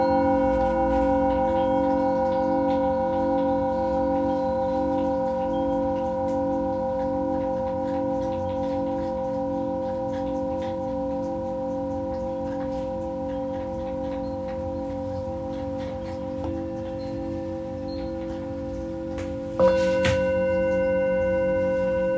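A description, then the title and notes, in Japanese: A singing bowl rings with a steady, sustained hum and pulsing low waver, then is struck again near twenty seconds, brightening the tone. メキシコから シンギングボウルのサウンドヒーリング ライブ。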